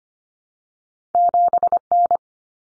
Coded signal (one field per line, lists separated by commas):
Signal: Morse code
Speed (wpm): 25 wpm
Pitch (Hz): 700 Hz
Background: none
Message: 7N